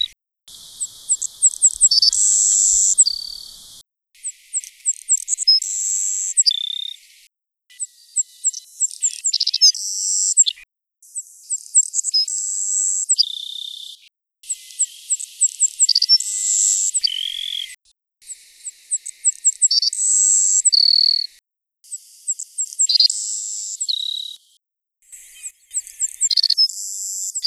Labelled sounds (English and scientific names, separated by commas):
Savannah Sparrow (Passerculus sandwichensis) song